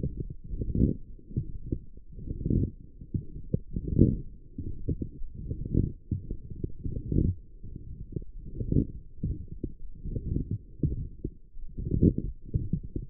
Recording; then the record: forearm muscle sounds (acoustic myography)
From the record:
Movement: forearm pronation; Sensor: system 1, eight BSWA MPA416 microphones around the upper forearm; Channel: 2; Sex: male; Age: 23 years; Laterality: right